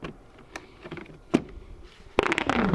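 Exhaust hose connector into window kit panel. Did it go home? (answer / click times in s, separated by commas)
yes / 2.2 s, 2.4 s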